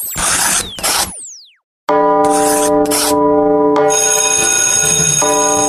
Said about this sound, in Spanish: Ya tocó la campana. Estás en Canto Maestro.